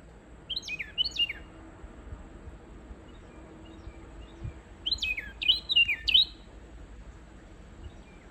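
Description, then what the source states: Carolina wren song: two bursts of quick, downslurred whistled notes, the second longer, with a few seconds of quiet between bursts. Listener's recording sent in to the show; bird sitting on a fence railing, hopping along and singing, in September.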